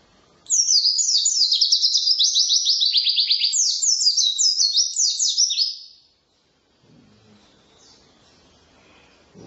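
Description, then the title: White-eye song: one long, continuous run of high, fast chattering and buzzy trills lasting about five seconds, then near silence. Wild white-eye (pleci ngalas) singing 'isian' filling song, used as a tutor recording for training songbirds (masteran). "mster Mnuk. Pleci ngalas isian untuk masteran"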